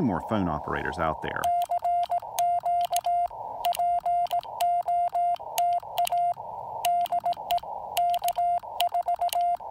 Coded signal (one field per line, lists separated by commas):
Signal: Morse code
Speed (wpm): 18 wpm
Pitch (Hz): 700 Hz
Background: speech, radio noise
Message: CQ POTA DE K4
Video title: POTA Field Report: Pairing the FT-817ND with the EFT Trail-Friendly antenna at Lake Norman